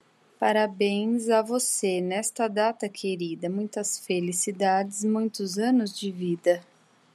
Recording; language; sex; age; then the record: short text; Brazilian Portuguese; female; 40 to 49 years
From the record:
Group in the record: control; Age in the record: 40 years